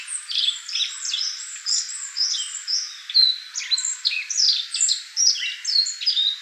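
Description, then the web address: Black-faced bunting singing a busy, continuous stream of sharp, high chirps and trills. Recorded 17 April 2015. "birdenaga aoji S 150417"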